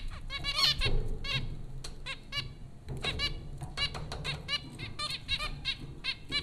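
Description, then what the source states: Zebra finch calls, many short nasal beeping notes repeated rapidly and irregularly, several birds overlapping, with a low steady hum underneath. Zebra finches recorded at Popcorn School, Flatbush, Brooklyn, New York, in April 2009.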